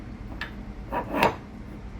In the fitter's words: and it will lock